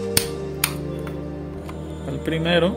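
A press-fit part is pushed by hand into the body of a Mavic 2 Pro / Mavic 2 Zoom drone, screw side facing down, with music playing in the background. Two sharp, loud snaps ring out at 0.2 s and 0.6 s, followed by a few faint ticks, and someone talks briefly. The part seats, and the first one is confirmed in.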